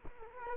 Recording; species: mosquito wingbeat signal from an infrared sensor; Culex quinquefasciatus